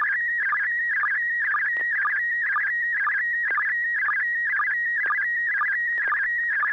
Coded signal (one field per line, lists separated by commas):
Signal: SSTV (slow-scan television)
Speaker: we're going to go to the first one on the list here Alp India 6 Delta golf Joel do you have any pictures for us uh you're welcome to go ahead and send over